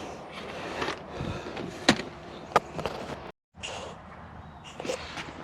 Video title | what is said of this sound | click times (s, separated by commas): Wrangler Gets New Radio and Speakers #jeeplife #jeepwrangler #jeep #carrepair #carmaintenance | okay there you have it got it snapped into place | 1.9 s, 2.6 s